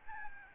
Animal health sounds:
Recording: mosquito wingbeat signal from an infrared sensor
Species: Aedes albopictus

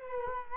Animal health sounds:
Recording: mosquito wingbeat signal from an infrared sensor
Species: Culex quinquefasciatus

